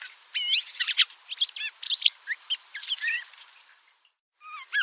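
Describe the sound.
Birds give quick, bright chirps and slurred whistles in rapid succession, some notes sweeping up and down, then a short pause before a few more twittering notes.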